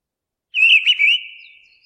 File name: mistle thrush